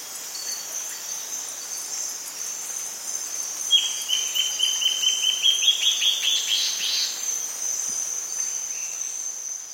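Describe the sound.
Guianan warbling antbird song: a series of clear notes rising slightly in pitch for about three seconds midway, over a steady high whine.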